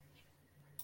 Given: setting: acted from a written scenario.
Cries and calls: vocal sound without words; positive surprise

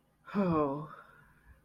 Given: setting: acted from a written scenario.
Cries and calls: vocal sound without words; romantic love

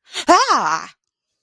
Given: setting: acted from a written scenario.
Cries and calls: vocal sound without words; negative surprise

